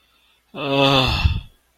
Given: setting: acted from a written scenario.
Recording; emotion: vocal sound without words; relief